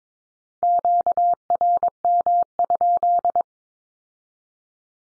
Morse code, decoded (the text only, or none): QRM?